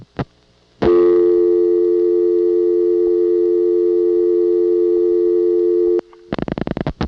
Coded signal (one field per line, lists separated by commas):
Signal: telephone call progress tone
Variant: North America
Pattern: dial tone